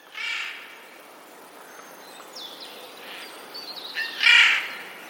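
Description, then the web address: Eurasian jay harsh calls, one rasp at the start and a louder screech near the end. Recorded 11 April 2021; labelled as a warning call. "wroblowe ostrzegator sojka"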